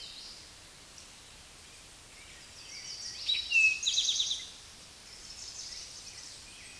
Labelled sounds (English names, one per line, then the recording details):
Eastern Towhee song
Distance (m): 10 m
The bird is about 10 m above the microphone
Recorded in a Pennsylvania forest on 16 May 2024 at 09:30
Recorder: AudioMoth, point MSD-0788
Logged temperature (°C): 16.6 °C
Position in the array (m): 69 m, 14 m